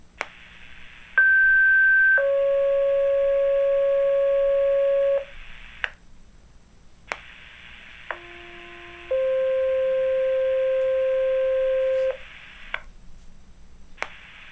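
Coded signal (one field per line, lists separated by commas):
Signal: two-tone page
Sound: two two-tone pages over radio hiss: 1 s tone then 3 s lower tone, twice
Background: radio static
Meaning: Test activation of fire/EMS pagers and sirens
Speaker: the Huntingdon County, Pennsylvania 911 Emergency Services Alerting System. This is only a test.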